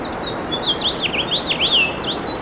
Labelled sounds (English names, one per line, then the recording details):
House Finch song
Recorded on Long Island, New York, on 24 April 2012
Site AS
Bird A